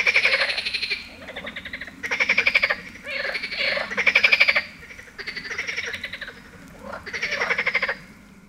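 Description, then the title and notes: Marsh frog gives loud pulsed, cackling rattles in several bursts in quick succession. Heviz, Hungary. "Heviz, Grenouille rieuse. Hungary, Heviz, frog"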